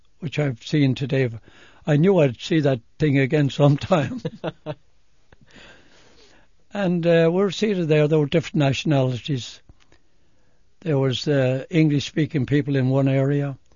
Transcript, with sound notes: which I've seen today. I knew I'd see that thing again some time. (they laugh) And we were seated there. There were different nationalities. There was English speakin' people in one area.